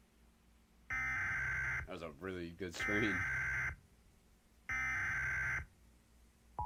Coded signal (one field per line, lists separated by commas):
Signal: Emergency Alert System (SAME) tones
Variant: header bursts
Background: speech